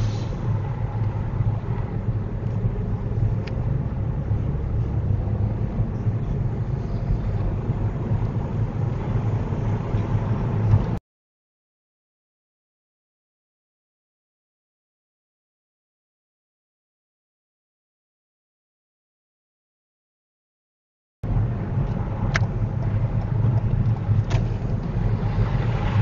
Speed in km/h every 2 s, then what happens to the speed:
19, 23, 26, 26, 27, 27, 26, 24, 27, 27, 23, 23, 26.
0-7 speeds up to 27. 7-26 steady at about 26.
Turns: none.